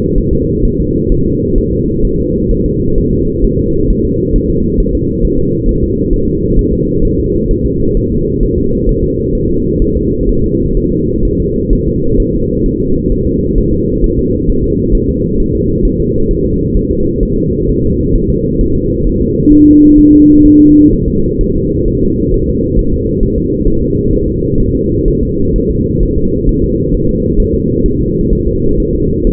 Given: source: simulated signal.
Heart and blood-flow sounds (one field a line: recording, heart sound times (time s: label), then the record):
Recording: fetal heart sounds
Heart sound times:
0.18 s: S1
0.33 s: S2
0.65 s: S1
0.80 s: S2
1.12 s: S1
1.26 s: S2
1.58 s: S1
1.73 s: S2
2.05 s: S1
2.20 s: S2
2.51 s: S1
2.66 s: S2
2.98 s: S1
3.13 s: S2
3.44 s: S1
3.59 s: S2
3.90 s: S1
4.05 s: S2
4.36 s: S1
4.50 s: S2
4.80 s: S1
4.95 s: S2
5.25 s: S1
5.39 s: S2
5.69 s: S1
5.83 s: S2
6.13 s: S1
6.28 s: S2
6.59 s: S1
6.73 s: S2
7.05 s: S1
7.19 s: S2
7.51 s: S1
7.66 s: S2
7.97 s: S1
8.12 s: S2
8.43 s: S1
8.58 s: S2
8.89 s: S1
9.04 s: S2
9.35 s: S1
9.50 s: S2
9.82 s: S1
9.96 s: S2
10.29 s: S1
10.44 s: S2
10.77 s: S1
10.92 s: S2
11.25 s: S1
11.40 s: S2
11.73 s: S1
11.88 s: S2
12.20 s: S1
12.34 s: S2
12.66 s: S1
12.81 s: S2
13.12 s: S1
13.27 s: S2
13.58 s: S1
13.73 s: S2
14.04 s: S1
14.19 s: S2
14.49 s: S1
14.64 s: S2
14.95 s: S1
15.09 s: S2
15.40 s: S1
15.55 s: S2
15.85 s: S1
16.00 s: S2
16.31 s: S1
16.45 s: S2
16.77 s: S1
16.91 s: S2
17.23 s: S1
17.38 s: S2
17.69 s: S1
17.84 s: S2
18.15 s: S1
18.30 s: S2
18.61 s: S1
18.76 s: S2
19.07 s: S1
19.21 s: S2
19.52 s: S1
19.67 s: S2
19.98 s: S1
20.13 s: S2
20.45 s: S1
20.60 s: S2
20.93 s: S1
21.08 s: S2
21.41 s: S1
21.56 s: S2
21.88 s: S1
22.03 s: S2
22.34 s: S1
22.49 s: S2
22.79 s: S1
22.94 s: S2
23.23 s: S1
23.38 s: S2
23.68 s: S1
23.82 s: S2
24.13 s: S1
24.28 s: S2
24.60 s: S1
24.75 s: S2
25.08 s: S1
25.23 s: S2
25.56 s: S1
25.71 s: S2
26.03 s: S1
26.18 s: S2
26.49 s: S1
26.64 s: S2
26.94 s: S1
27.09 s: S2
27.40 s: S1
27.55 s: S2
27.86 s: S1
28.01 s: S2
28.33 s: S1
28.47 s: S2
28.80 s: S1
28.95 s: S2
29.27 s: S1
From the record:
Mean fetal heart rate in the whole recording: 130 bpm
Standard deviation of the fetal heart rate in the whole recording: 4 bpm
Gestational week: 38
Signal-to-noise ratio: -15.3 dB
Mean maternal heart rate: 72 bpm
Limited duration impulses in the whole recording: present